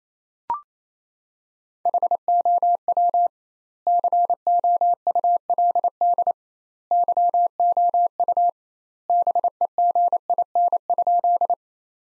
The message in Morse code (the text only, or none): HOW COULD YOU BEGIN?